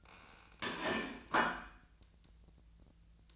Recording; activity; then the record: daily activity, microphone in the room; place plate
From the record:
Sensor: 2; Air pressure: 1009.3 hPa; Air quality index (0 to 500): 186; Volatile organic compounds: 11 ppm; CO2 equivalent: 2320 ppm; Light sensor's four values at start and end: 21/51/22/24 and 21/53/22/25